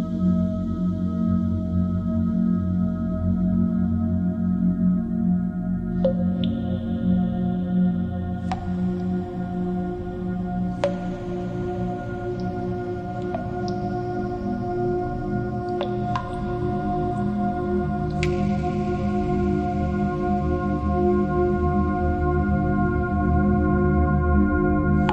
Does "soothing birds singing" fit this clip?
no